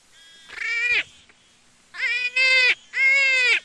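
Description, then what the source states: Jackrabbit giving four strained, nasal squeals rich in overtones, the first alone and the last three close together. Juvenile.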